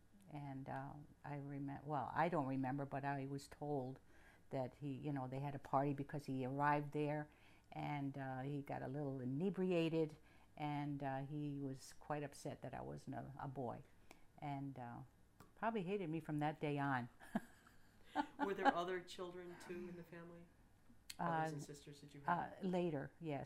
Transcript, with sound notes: And, uh, I remember, but I was told that he, you know, they had a party because he arrived there, and he got a little inebriated, and he was quite upset that I wasn't a boy. And, uh, probably hated me from that day on. (she laughs)
Were there other children, too, in the family, brothers and sisters that you had?
Later, yes.